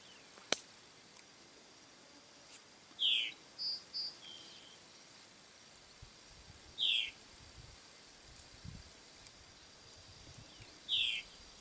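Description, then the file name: White monjita song: short downward-slurred notes repeating about every four seconds, with a pair of faint high chips between them, over steady high insect hum. "O canto da Noivinha branca"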